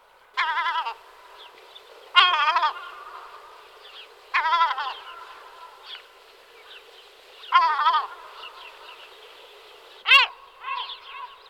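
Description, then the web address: Gull giving several loud, harsh yelping calls in short bursts, with softer notes between them. "All the bird songs of Britain and Europe - Jean-Claude Roche 1990 Disc 2 74-Larus argentatus, Larus cachinnans"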